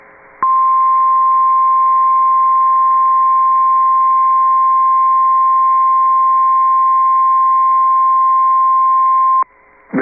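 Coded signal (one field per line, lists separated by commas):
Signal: Emergency Alert System (SAME) tones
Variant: 1050 Hz attention tone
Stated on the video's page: Real tornado warning with valid EAS tones that can trigger the alert system.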